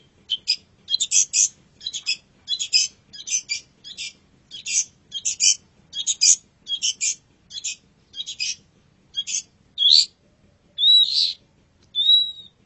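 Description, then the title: Long-tailed shrike singing a steady series of scratchy chattering bursts, ending with a few clearer whistled notes. Champion songbird. "Kicau Burung Cendet Juara"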